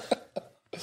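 Three short, dry cough bursts in quick succession within under a second, the last cut off at the end, in a small room. These are deliberate, acted coughs from an adult, put on to cover another noise rather than caused by illness.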